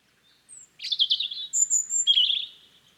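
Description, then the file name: European robin song: a brief high thin note, then a tumbling warbled phrase, a pure very high whistle, and a descending trilled flourish. "Erithacus rubecula"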